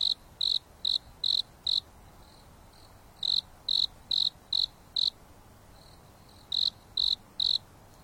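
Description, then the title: Insect song of crisp, high chirps in groups of several, repeated with short gaps between groups, steady hiss underneath. Insects singing at night on a mountain top under a starry sky, with a gentle breeze blowing. "There is a gentle breeze blowing on the top of the mountain under the starry sky, and the insects are singing leisurely."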